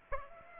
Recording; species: mosquito wingbeat signal from an infrared sensor; Aedes aegypti